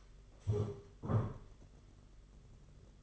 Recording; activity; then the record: daily activity, microphone in the room; stand up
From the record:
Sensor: 4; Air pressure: 992.5 hPa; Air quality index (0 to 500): 119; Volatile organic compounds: 28 ppm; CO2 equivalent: 2915 ppm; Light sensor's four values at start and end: 20/72/26/28 and 20/72/26/28